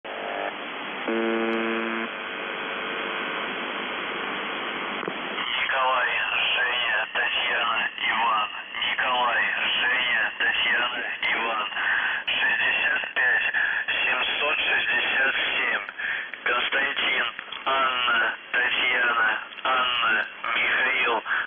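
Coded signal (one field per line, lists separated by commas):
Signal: numbers station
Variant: UVB-76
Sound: short buzz, then a voice reading a message over radio noise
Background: radio static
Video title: The Buzzer/UVB-76(4625Khz) May 5, 2021 12:36UTC Voice message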